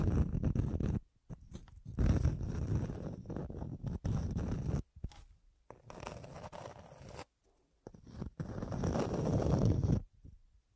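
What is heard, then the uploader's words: Scratching in rough bursts of rustly, gritty strokes, each lasting a second or two, separated by brief silences, heaviest in the low range. Pure Scratching.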